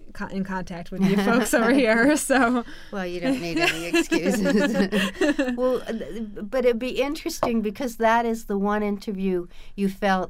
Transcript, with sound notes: in contact with you folks over here. (they laugh) So...
Well, you don't need any excuses. (they laugh) Well, but it would be interesting because that is the one interview you felt